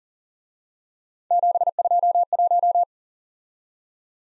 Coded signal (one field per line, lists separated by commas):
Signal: Morse code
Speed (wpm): 38 wpm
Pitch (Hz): 700 Hz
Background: none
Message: 721